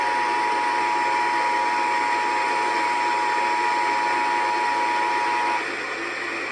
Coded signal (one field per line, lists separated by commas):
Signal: Emergency Alert System (SAME) tones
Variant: 853 and 960 Hz attention tone